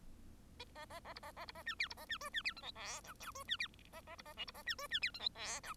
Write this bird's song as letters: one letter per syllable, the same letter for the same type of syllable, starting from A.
A A A B A A B A C D B A C E C D F G H I J E C D A A B A K B A C E C D F G H I